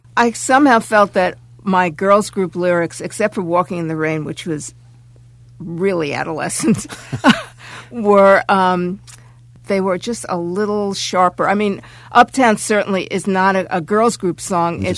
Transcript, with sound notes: I somehow felt that my girls group lyrics - except for "Walking In The Rain," which was really adolescent (laughter) - were - they were just a little sharper. I mean, "Uptown" certainly is not a girls group song.